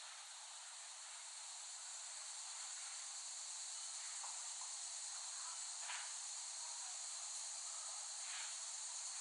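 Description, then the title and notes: Cicadas keep up a continuous shrill buzzing chorus, with a few faint brief sounds in the background. Cicadas in West Brighton, Staten Island, late summer 2008, by Dan Bodah. "Dronecast No. 021: The Cicadas of Summer. Recording of cicadas made by Dan Bodah in West Brighton, Staten Island, late summer 2008"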